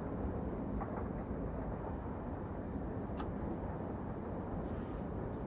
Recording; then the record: background sound without coughing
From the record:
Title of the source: Train Ride Ambience ambient white noise for sleeping, focus, studying, reading